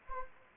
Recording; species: mosquito wingbeat signal from an infrared sensor; Anopheles gambiae